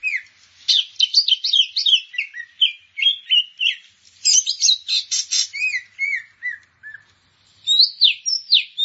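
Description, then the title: Grey-cheeked bulbul singing a fast, jumbled run of chattery whistles and high twitters, with a short pause near the seventh second before the phrases resume. "Kicau Burung Cucak Jenggot"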